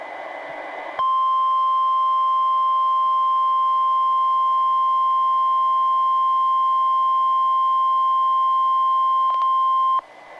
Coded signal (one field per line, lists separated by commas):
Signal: Emergency Alert System (SAME) tones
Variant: 1050 Hz attention tone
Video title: EAS #429: NWR Required Weekly Test- Oct. 28, 2020- 11:01AM PDT